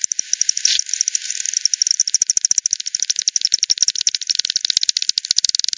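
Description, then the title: Bat echolocation calls heard as rapid trains of dry clicking pulses, overlapping from several bats. Multiple bats at Hogsmill River, Hogsmill Lane, 7 October 2020, 18:10; bat-detector recording frequency-divided by 10, band-pass filtered and resampled. "WW bat 20201007 T 18 : 10 Z-Hogsmill-Lane-Hogsmill-River-multiple-bats"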